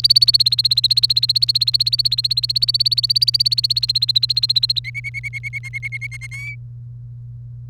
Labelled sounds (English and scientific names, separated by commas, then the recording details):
Domestic Canary (Serinus canaria) song
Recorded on 1 May 2018 at 08:24
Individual llb3